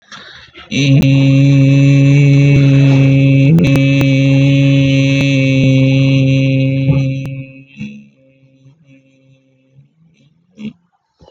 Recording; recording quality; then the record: sustained vowel as in beet; excellent, no background noise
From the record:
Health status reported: respiratory illness, not identified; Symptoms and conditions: cough, sore throat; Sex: male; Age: 19 years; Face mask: not worn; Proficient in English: yes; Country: India